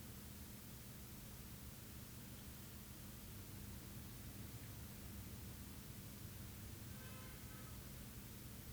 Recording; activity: daily activity, guitar pickup as the sensor; stand